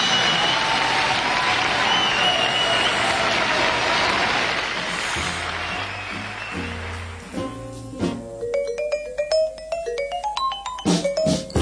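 Dense, steady audience applause fills the first half, then thins out as bright, bell-like melodic notes rise and ring over the fading clapping.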